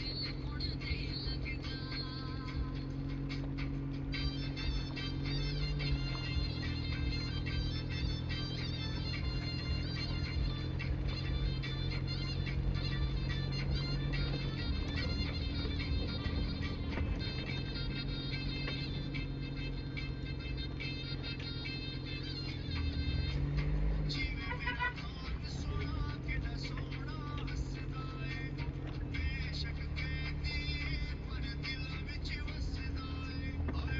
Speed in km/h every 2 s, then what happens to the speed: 6, 6, 7, 10, 11, 15, 18, 17, 8, 2, 2, 5, 3, 0, 8, 10, 5.
0-14 speeds up to 17. 14-18 brakes to 2. 18-20 standing. 20-26 steady at about 2. 26-29 pulls away to 10.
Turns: none.